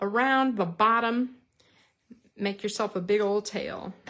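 An adhesive refill cartridge is being handled for fitting onto the front wheel of a tape runner dispenser, where it is meant to snap into a notch and click into place with a small lever. Someone talks throughout, with a short quiet gap of faint handling sounds near 1.5–1.6 seconds. Nothing has seated or clicked yet.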